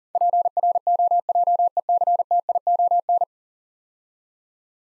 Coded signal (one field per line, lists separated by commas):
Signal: Morse code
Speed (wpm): 42 wpm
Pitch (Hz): 700 Hz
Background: none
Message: PROJECTION